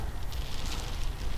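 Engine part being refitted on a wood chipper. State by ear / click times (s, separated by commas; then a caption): not seated / none. An unnamed, hard-to-fit engine part is being forced back into place on an MTD wood chipper that will not start. Only about 1.4 seconds of steady, low-level rustling and handling noise is heard, with no sharp hit. Nothing has seated or clicked yet.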